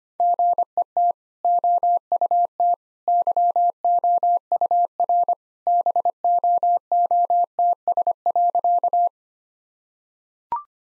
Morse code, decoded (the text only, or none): GET OUT YOUR BOOTS.